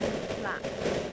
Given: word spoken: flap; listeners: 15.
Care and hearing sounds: one English word in noise, from a listening test; noise modulated by three-talker babble; -6.6 dB; 1 of 15; 9 of 15; 0.73 s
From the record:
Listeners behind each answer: 9, 2, 1, 1, 1, 1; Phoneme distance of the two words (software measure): 10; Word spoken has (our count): 1 syllable, 4 phonemes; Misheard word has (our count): 1 syllable, 4 phonemes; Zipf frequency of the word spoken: 3.79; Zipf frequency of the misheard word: 4.99

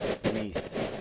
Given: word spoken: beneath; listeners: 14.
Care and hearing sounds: one English word in noise, from a listening test; noise modulated by three-talker babble; -4.2 dB; 3 of 14; 7 of 14; 0.61 s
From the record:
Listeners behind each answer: 7, 3, 2, 1, 1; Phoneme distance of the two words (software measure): 24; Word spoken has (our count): 2 syllables, 5 phonemes, stress on syllable 2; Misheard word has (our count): 1 syllable, 3 phonemes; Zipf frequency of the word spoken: 4.26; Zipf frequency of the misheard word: 3.28

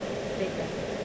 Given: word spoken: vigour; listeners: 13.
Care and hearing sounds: one English word in noise, from a listening test; speech-shaped noise; -5.9 dB; 0 of 13; 6 of 13; 0.65 s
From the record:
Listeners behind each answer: 6, 2, 2, 1, 1, 1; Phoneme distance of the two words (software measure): 10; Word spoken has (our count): 2 syllables, 4 phonemes, stress on syllable 1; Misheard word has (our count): 2 syllables, 4 phonemes, stress on syllable 1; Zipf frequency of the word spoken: 3.14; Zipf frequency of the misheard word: 5.02

